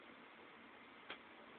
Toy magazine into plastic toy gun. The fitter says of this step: you're going to hear it lock